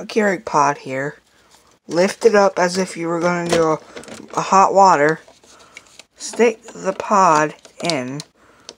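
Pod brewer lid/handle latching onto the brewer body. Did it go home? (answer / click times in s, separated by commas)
no / none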